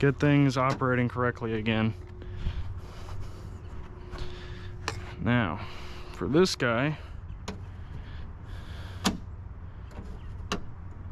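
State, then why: Partly seated. Someone talks while working the sticky rear door latch mechanism inside the door of a 1961 Imperial by hand to free it, with a few short sharp ticks along the way. A small click comes from the metal latch at 10.5 s, but the latch is only partly freed and still needs more working.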